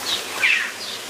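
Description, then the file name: A bird gives a few brief chirps, the middle one louder and lower than the others. "Birds Various"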